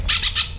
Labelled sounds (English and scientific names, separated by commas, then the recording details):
Brown-throated Parakeet (Eupsittula pertinax) contact call
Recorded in Venezuela
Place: PN Cerro Saroche, Tierras del Sr. Polo, Edo. Lara
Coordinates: 10.171, -69.518